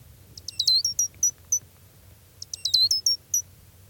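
Gray's lark calls: two bursts of high, thin chirps, each opening with a downslurred note and trailing into shorter pips, over a low background rumble.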